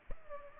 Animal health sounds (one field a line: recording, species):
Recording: mosquito wingbeat signal from an infrared sensor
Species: Culex pipiens